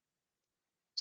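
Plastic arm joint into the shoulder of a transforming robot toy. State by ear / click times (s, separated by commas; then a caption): seated / 1.0 s. The plastic arm joint of the second arm on a Transformers One Energon Glow Bumblebee transforming robot toy is brought into the shoulder. After near silence, it snaps into place with a single short, bright plastic click at 1.0 s. The joint seats and holds a plastic panel down.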